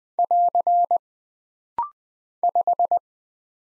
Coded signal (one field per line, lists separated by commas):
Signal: Morse code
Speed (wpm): 20 wpm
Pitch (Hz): 700 Hz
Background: none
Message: <AR> 5